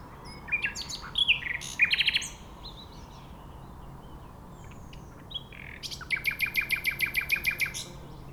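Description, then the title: Nightingale song opening with jumbled chirps and whistles, then a long, evenly spaced run of loud repeated notes, with a low hum behind. Singing in a bush between a railway line and the shore of Lac du Bourget, Entrelacs, France, unbothered by passing trains. "2 D991, Entrelacs, France - Rossignol ferroviaire"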